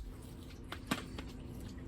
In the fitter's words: the satisfying click of that closing so